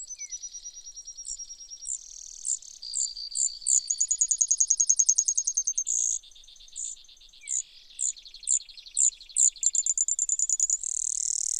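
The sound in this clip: Brewer's sparrow, a loud, varied song of high trills, some slow and pulsed, others fast and buzzy, alternating with sharp single notes.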